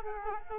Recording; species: mosquito wingbeat signal from an infrared sensor; Culex quinquefasciatus